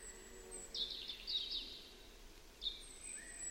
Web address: cianscape birddata Deverinetal Bird Only Er Ru